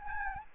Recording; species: mosquito wingbeat signal from an infrared sensor; Anopheles gambiae